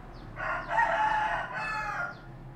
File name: Rooster Sound